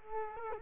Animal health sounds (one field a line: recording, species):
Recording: mosquito wingbeat signal from an infrared sensor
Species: Culex quinquefasciatus